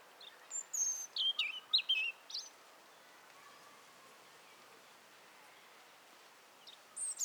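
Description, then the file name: European robin giving one short burst of high, thin whistles and twittering notes, then a long quiet pause before a few final high notes. "Erithacus rubecula"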